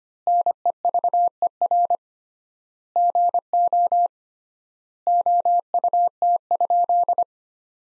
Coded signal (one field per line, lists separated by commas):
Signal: Morse code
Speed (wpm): 25 wpm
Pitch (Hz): 700 Hz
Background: none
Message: NEVER GO OUT?